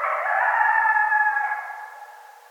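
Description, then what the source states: Coyote howl, a sustained wavering tone with layered harmonics that holds steady, then slowly fades away over the last second. More than one coyote; recorded 16 January 2013.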